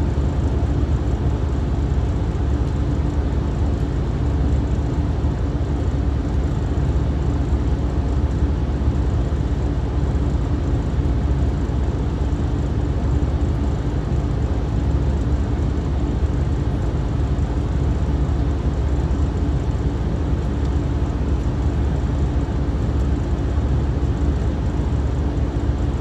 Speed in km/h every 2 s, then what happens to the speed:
0, 0, 0, 0, 0, 0, 0, 0, 0, 0, 0, 0, 0.
0-26 standing.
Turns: none.